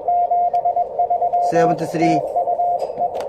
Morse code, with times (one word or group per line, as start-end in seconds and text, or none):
0.1-1.7 73
2.0-3.1 TUE